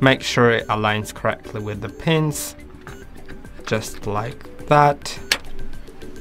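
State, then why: Not seated. A rechargeable battery is lined up with the pins and handled at the body of an Arlo Pro 4 security camera while someone talks over background music, with a few faint taps and knocks. Nothing has seated or clicked into place yet.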